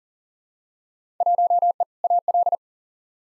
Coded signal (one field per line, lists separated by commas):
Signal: Morse code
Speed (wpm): 40 wpm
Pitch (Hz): 700 Hz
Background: none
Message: 1E AL